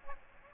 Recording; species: mosquito wingbeat signal from an infrared sensor; Aedes aegypti